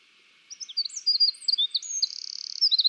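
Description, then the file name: Eurasian wren song: a loud, rapid jumble of very high, sharp notes and short trills, with one longer buzzy note toward the end, running without pause. "Troglodytes troglodytes"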